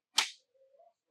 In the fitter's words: so we can line that up and it should just slide straight into place and you hear a nice click